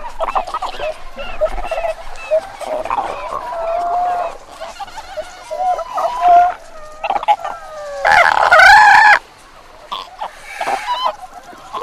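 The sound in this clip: Antarctic fur seal calls: many overlapping harmonic, wavering bleats and moans, with a loud, rich call bursting out near the end.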